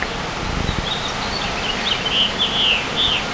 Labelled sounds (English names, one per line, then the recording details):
House Finch song
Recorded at Patchogue on Long Island, New York, on 21 June 2013
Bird G